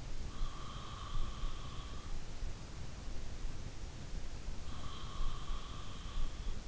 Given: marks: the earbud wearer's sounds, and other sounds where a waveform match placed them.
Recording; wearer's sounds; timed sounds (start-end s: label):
sounds in sleep by an in-ear microphone; breath
0.28-2.15 s: breath
4.48-6.67 s: breath